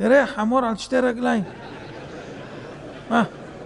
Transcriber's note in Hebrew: הקהל צוחק